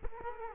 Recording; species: mosquito wingbeat signal from an infrared sensor; Culex quinquefasciatus